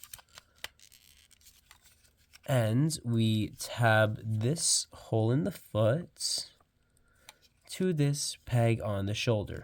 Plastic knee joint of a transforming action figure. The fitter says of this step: and then we rotate the knee backwards until it clicks